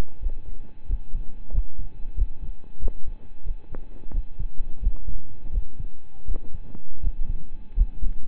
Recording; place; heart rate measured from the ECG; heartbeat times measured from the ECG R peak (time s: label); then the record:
heart sounds by stethoscope; between the tricuspid and mitral areas; 87 bpm
0.20 s: heartbeat
0.86 s: heartbeat
1.51 s: heartbeat
2.15 s: heartbeat
2.79 s: heartbeat
3.43 s: heartbeat
4.11 s: heartbeat
4.80 s: heartbeat
5.51 s: heartbeat
6.25 s: heartbeat
7.01 s: heartbeat
7.74 s: heartbeat
From the record:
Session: rest, lying down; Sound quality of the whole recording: partially saturated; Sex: male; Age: 25 years